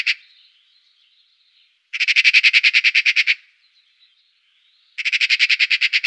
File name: Elster Pica pica